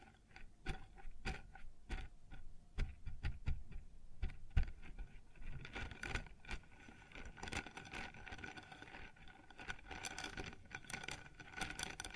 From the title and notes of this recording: ASMR Sounds on Wooden Surface (No Talking).